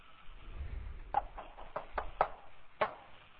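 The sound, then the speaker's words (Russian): Around six knocks on a door, fairly soft and uneven in rhythm, each a short dull thud, with no voices in between. “А можете постучаться? Попробую.”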